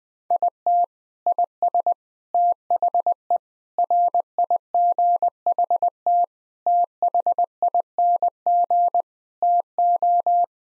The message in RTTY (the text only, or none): none